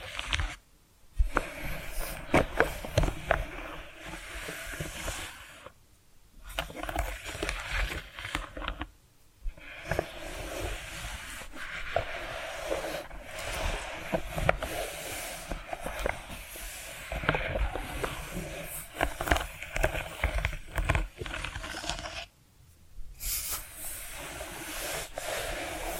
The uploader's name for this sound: Hypnotic Tapping & Scratching Sounds